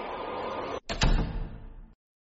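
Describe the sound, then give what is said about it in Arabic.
The door of a room opens with a sharp double clack of the latch, followed by a rumbling slide as it swings through, ending abruptly. No one speaks. “غادر إيغور الغرفة الأولى ومشى في الرواق بضع خطوات، ثم فتح باب الغرفة الرابعة.”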